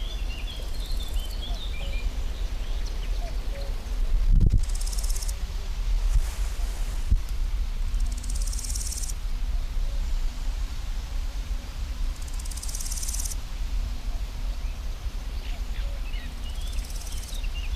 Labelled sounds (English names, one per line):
Large Gold Grasshopper stridulation